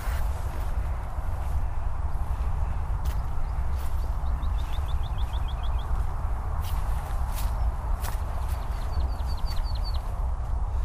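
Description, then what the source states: Woodlark song, two short runs of fluty, evenly repeated notes, partly masked by loud low traffic rumble and scattered footstep-like clicks. A second woodlark singing from the top of a birch tree on Oystershell Hill, Chobham Common, Surrey, heathland, with traffic noise nearby; spring; varies its song each time, faster or slower.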